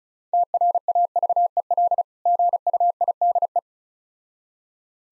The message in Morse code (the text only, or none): TRAVEL GUIDE